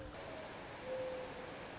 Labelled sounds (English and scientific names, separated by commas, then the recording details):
Mourning Dove (Zenaida macroura)
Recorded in Sonoma County, California